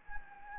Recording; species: mosquito wingbeat signal from an infrared sensor; Anopheles gambiae